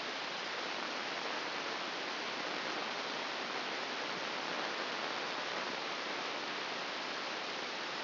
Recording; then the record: brain microelectrode recording played as sound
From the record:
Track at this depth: outside the subthalamic nucleus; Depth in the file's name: 5.898 mm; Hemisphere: left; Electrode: 2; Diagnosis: Parkinson's disease